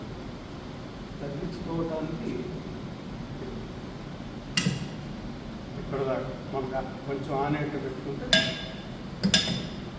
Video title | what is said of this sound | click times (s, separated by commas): Zim | lock అయిపోతుంది | 9.2 s, 9.3 s